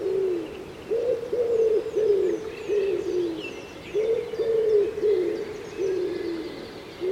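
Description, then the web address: Common Wood Pigeon cooing, deep muffled notes grouped in repeated phrases with brief pauses, while faint high tweets sound in the background. "cianscape birddata Deverinetal 2025 Bird Co Pa Co Pa 1"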